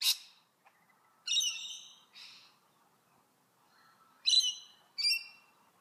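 Bird chirping in a few sharp, high tweets separated by pauses.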